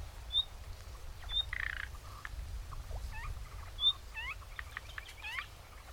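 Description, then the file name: Common nightingale giving a few short high whistles and a harsh rasping note, then a run of quick varied notes over a steady low rumble. "Luscinia megarhynchos"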